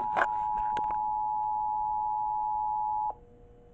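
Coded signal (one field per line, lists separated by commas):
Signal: Emergency Alert System (SAME) tones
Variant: 853 and 960 Hz attention tone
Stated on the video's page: Pennsylvania Required Monthly Test received via IP streams of stations ACSTS/ERI and WAHC/PGH.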